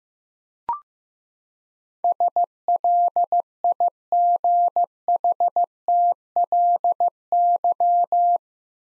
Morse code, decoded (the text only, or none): SLIGHTLY